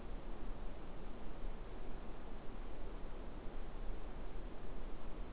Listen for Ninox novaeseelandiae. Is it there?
no